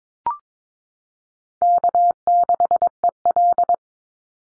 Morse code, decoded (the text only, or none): K6EL